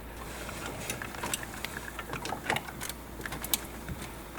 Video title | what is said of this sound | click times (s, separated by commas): Huge Upgrade! JOYING 12.3" Android Head Unit for Prius (2010-2015) Install & Review | Again, make sure you hear that click. | 3.5 s